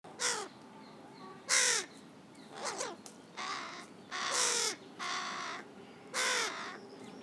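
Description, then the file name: Carrion crow giving harsh, rasping caws, seven calls spaced irregularly, some louder and longer, others shorter and softer. "Corvus corone"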